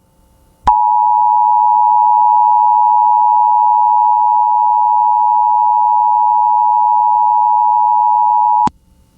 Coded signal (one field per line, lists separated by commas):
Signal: Emergency Alert System (SAME) tones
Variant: 853 and 960 Hz attention tone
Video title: (EAS #14) California SEVERE THUNDERSTORM WARNING on KALT-FM